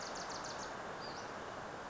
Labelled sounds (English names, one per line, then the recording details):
Western Flycatcher
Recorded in Sonoma County, California